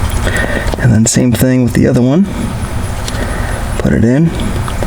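A second plastic connector piece from a Dorch Engineering flex fuel kit is handled on a BMW G80 M3, about to be pushed into the harness connector while someone talks. Short handling taps and rustles come through over a steady background hum. The clip ends before the piece goes home, and nothing has seated or clicked yet.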